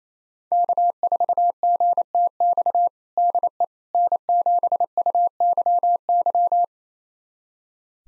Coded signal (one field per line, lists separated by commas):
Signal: Morse code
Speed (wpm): 27 wpm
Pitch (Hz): 700 Hz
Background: none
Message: K4GTX DE N7UYY